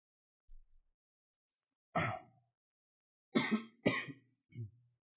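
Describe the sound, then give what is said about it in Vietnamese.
Three sharp, harsh coughs in an uneven sequence, the last two close together, followed by a soft low throat-clearing grunt, from the narrator during the first minutes of a live-recorded story reading; no one speaks. “Khoảng thời gian sau thì ho khúc nào cắt bỏ khúc đó.”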